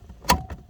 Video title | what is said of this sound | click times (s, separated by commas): We Fixed the Jaguar 3rd Brake Light with a 3D PRINTED PART! | it in place like that and you heard it click in that was the tab basically clicking into the little | 0.3 s